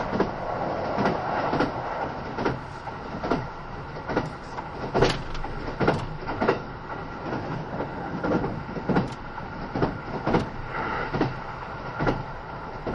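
A Kintetsu 80000 series Hinotori limited express train running along the line: a steady, even rumble carries on throughout. Sharp clacks from the wheels cut through it at a fairly regular pace, roughly every half second to second, with some louder knocks around five and ten seconds.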